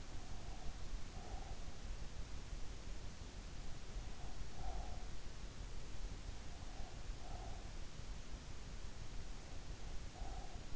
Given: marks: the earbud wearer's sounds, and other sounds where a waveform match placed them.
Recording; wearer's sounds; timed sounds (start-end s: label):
sounds in sleep by an in-ear microphone; breath
0.00-1.70 s: breath
3.79-5.21 s: breath
6.42-7.75 s: breath
9.36-10.76 s: breath